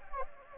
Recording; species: mosquito wingbeat signal from an infrared sensor; Anopheles gambiae